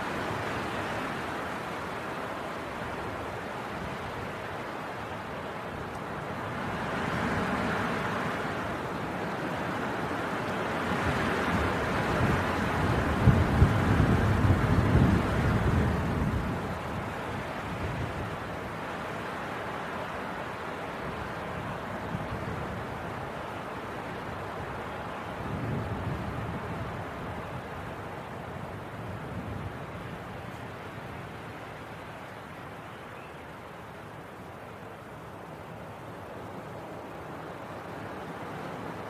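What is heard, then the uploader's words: A winter wind storm roars steadily, a dense rushing noise that swells and eases in slow gusts. The strongest surge builds around the middle, with a deep rumbling push near 13 to 15 seconds, and another lower gust near 26 seconds before the wind settles. Winter Wind Storm.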